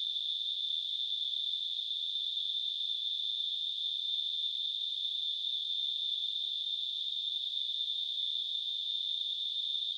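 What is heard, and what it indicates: Simulated tinnitus produced by a device: a steady, high-pitched narrowband hiss centered near 3.5 kHz that stays constant for the whole clip, with no sound below about 2 kHz.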